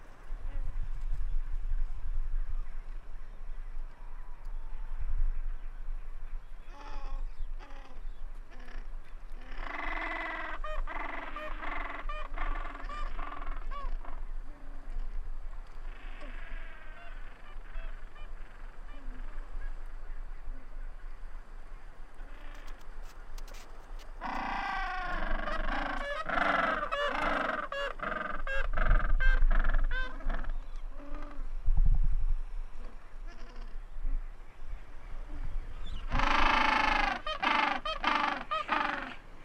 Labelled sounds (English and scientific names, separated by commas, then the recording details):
Gentoo Penguin (Pygoscelis papua) call
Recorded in the wild
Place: Kopaitic Island, Antarctica, AQ
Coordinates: -63.18, -57.55
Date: 2019-01-01
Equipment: Olympus LS-100, Sennheiser ME66
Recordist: Beaulieu, Michaël